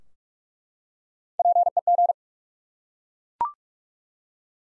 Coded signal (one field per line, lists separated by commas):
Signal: Morse code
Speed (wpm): 41 wpm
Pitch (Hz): 700 Hz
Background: none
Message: PEG